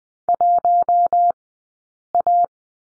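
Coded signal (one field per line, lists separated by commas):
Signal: Morse code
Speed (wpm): 20 wpm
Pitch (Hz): 700 Hz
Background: none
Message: 1A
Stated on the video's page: Morse course lesson on the letter D, at Farnsworth speed 20/10 wpm.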